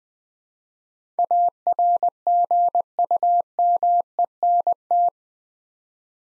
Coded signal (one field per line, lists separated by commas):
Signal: Morse code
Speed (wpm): 20 wpm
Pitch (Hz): 700 Hz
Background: none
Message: ARGUMENT